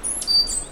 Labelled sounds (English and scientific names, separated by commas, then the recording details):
Stitchbird (Notiomystis cincta) song
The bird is a male
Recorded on Tiritiri Matangi Island, New Zealand, in 2005
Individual 1, of nest box 1